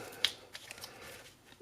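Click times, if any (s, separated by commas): none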